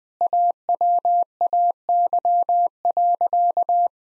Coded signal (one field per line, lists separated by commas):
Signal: Morse code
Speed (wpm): 20 wpm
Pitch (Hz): 700 Hz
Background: none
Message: AWAY.